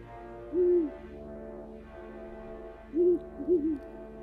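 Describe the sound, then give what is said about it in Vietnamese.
A giant owl, suddenly flying out from a haystack in a farmyard at dusk, hoots three times: one low, rounded hoot, a pause, then two more in quick succession, standing out over a steady low hum. “Từ đống rơm trước sân, một con chim cú khổng lồ bất thình lình bay lao vụt về phía Thổ. Tiếng kêu thất thần khiến cho anh hoảng hồn ngã ngồi bẹt xuống giữa sân như vậy, nghe đến rùng rợn.”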